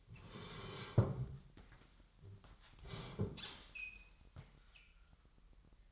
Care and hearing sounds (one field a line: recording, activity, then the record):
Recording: daily activity, microphone in the room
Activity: sit down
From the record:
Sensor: 3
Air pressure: 998.6 hPa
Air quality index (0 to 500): 128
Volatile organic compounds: 3 ppm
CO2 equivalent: 1532 ppm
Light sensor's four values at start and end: 7/16/7/8 and 7/17/7/7